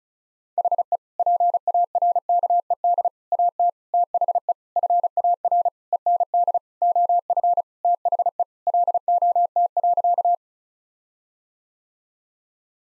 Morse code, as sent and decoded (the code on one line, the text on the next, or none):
.... . / .--. .- .-. -.- . -.. / .- - / - .... . / ..-. .- .-. / . -. -.. / --- ..-. / - .... . / .-.. --- - .-.-.-
HE PARKED AT THE FAR END OF THE LOT.